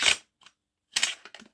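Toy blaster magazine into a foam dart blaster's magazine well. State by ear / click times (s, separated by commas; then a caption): not seated / none. A plastic dart-blaster magazine from another blaster is pushed into a foam dart blaster's magazine well, making rattling plastic knocks: a loud burst at the start, a faint tap near 0.5 s, a strong knock around 1.0 s and softer taps near 1.3–1.4 s. The magazine goes in but does not latch, and nothing has seated or clicked yet.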